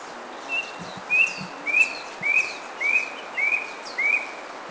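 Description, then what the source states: Brush cuckoo giving a series of whistled notes, each short and slightly rising, repeated about every 0.6 seconds, with faint bird sounds in the background. Recorded at Kitanglad, Philippines, in 2010.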